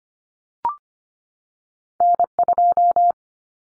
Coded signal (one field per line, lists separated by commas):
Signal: Morse code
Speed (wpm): 25 wpm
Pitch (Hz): 700 Hz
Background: none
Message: N2